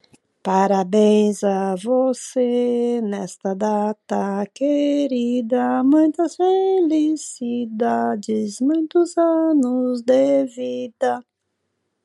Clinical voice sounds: short text; Brazilian Portuguese; female; 60 to 69 years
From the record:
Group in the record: control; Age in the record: 63 years

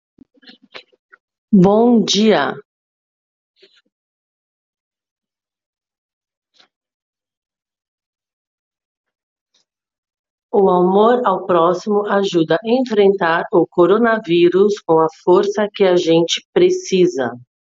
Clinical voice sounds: spoken sentence; Brazilian Portuguese; female; 40 to 49 years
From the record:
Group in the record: control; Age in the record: 42 years

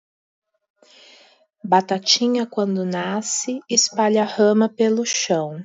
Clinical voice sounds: short text; Brazilian Portuguese; female; 30 to 39 years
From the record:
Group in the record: control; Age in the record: 36 years

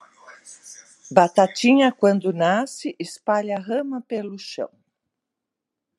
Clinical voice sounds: short text; Brazilian Portuguese; female; 60 to 69 years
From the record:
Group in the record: control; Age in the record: 62 years

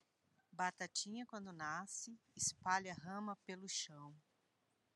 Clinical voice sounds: short text; Brazilian Portuguese; female; 60 to 69 years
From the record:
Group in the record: control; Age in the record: 62 years

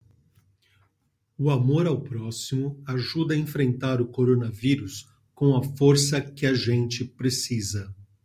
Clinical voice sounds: spoken sentence; Brazilian Portuguese; male; 60 to 69 years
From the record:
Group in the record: control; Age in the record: 60 years

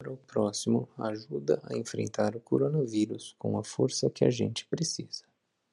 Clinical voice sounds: spoken sentence; Brazilian Portuguese; male; 30 to 39 years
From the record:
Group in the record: control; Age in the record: 38 years

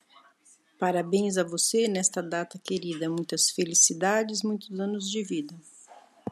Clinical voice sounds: short text; Brazilian Portuguese; female; 50 to 59 years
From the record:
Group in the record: control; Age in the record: 55 years

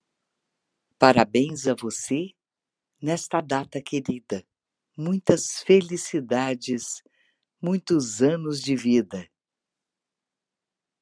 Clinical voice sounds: short text; Brazilian Portuguese; female; 60 to 69 years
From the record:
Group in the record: control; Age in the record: 61 years

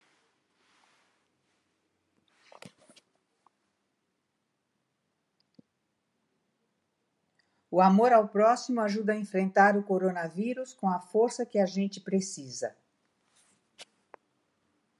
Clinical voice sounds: spoken sentence; Brazilian Portuguese; female; 70 to 79 years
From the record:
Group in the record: control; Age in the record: 77 years

